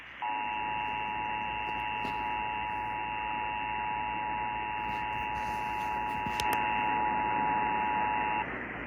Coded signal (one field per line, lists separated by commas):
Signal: Emergency Alert System (SAME) tones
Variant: 853 and 960 Hz attention tone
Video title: EAS Alerts from December-Beginning of January...